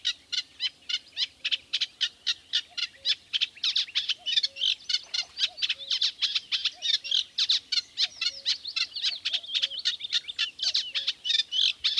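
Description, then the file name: Eurasian reed warbler song: a rapid chatter of harsh, scratchy notes, several a second, with faint low whistled notes underneath. "Kleinekarekiet"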